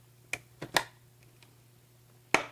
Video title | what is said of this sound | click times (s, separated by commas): UpGRADING To A RYZEN 3900X Streaming & Editing Machine On A MSI MEG X570 ACE | hear those two little clicks easy | 0.3 s, 2.3 s